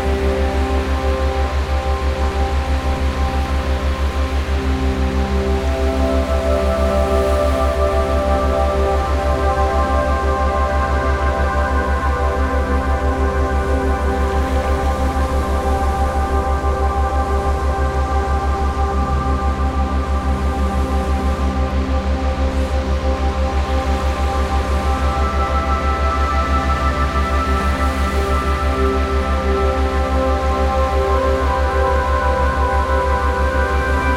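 A deep, steady hum fills the bottom, with layered sustained tones held above it like ringing frequency waves. The loudness never changes across the half minute, and a soft airy hiss sits on top, swelling faintly a few times.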